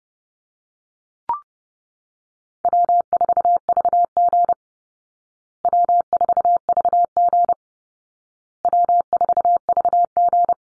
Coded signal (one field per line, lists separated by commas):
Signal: Morse code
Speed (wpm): 30 wpm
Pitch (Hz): 700 Hz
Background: none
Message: W4VG W4VG W4VG